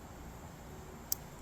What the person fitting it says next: now you hear that satisfying click